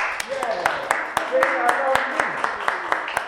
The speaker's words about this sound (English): So clap for yourself. Clap. No, it was just short. I want you to clap more. Clap more for yourself. It's like you are saying, I love me.